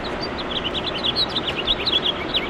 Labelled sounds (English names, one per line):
House Finch song